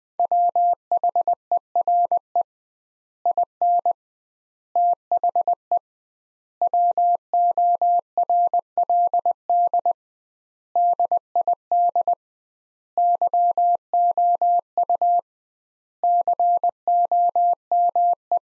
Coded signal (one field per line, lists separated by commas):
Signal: Morse code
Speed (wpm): 21 wpm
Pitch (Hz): 700 Hz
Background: none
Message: WHERE IN THE WORLD DID YOU COME